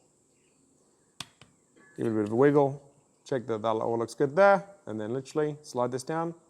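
A plastic camera trim piece is handled against the rear hatch trim, with a sharp knock at about 1.2 s and a fainter tap at 1.4 s before someone talks over the rest. The piece is being readied to slide down, and nothing has seated or clicked yet.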